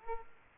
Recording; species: mosquito wingbeat signal from an infrared sensor; Aedes aegypti